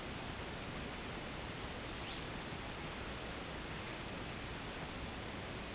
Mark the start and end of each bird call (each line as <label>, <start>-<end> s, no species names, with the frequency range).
bird call (2.1-5.1 kHz), 1.92-2.46 s